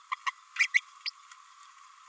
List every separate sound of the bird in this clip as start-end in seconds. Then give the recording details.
0.11-0.15, 0.26-0.32, 0.58-0.68, 0.73-0.81, 1.05-1.10. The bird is a female. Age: 27 days. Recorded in a nest box in Venezuela. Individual 17B32A5